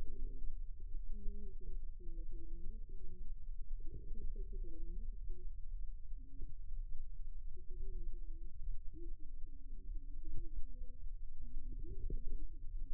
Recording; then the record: forearm muscle sounds (acoustic myography)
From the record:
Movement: rest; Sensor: system 2, bracelet of six BSWA MPA416 microphones around the upper forearm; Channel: 5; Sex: male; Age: 22 years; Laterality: right